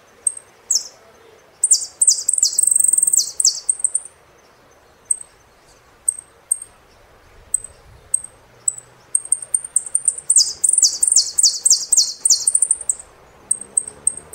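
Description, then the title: Saffron finch song: two long runs of rapid, buzzy, high trilled phrases separated by scattered thin chip notes. "Jilguero Argentino"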